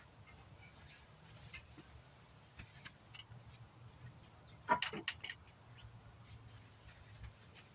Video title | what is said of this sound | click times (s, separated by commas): Replacing the condenser bracket on the Ford Raptor SVT | up also you heard that snap | 5.1 s